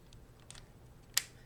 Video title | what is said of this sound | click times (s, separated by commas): Portable Nebulizer that Runs on 2 AA batteries | and you hear the little click. Okay, you're on. | 1.2 s